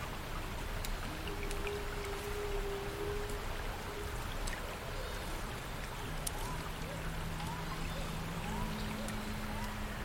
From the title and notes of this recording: Watermill house in the deep forest ambience. You can here distant watermill from small house over there. Surrounded by the rustling of leaves in the trees, birds chirping, gentle water flowing.